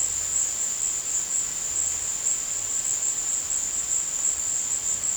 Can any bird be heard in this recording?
no